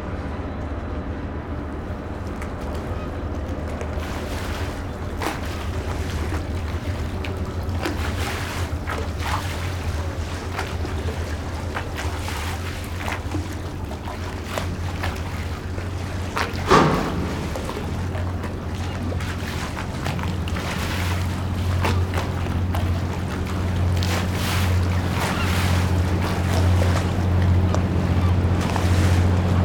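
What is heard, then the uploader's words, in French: Harbour ambience in a port town: a steady low engine drone under scattered knocks and clatter, with one sharper thump near seventeen seconds. Impression sonore de la ville portuaire de Cherbourg et de ses environs (Quettehou, St Vaast La Hougue). Prises de son : Nicolas Dubois © Sound Fishing.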